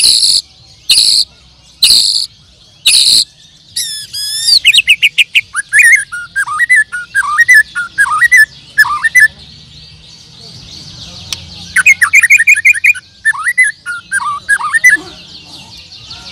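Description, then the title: Bird song: a few loud buzzy insect-like bursts, then a run of quick downslurred chirps in fast clusters, pausing and then resuming with bright repeated notes over a faint hum. "Kicau Burung"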